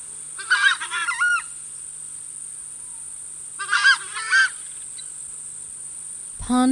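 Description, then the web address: Southern screamer giving two bouts of loud, harsh, honking calls roughly three seconds apart. "crestedscreamer"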